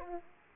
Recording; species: mosquito wingbeat signal from an infrared sensor; Aedes aegypti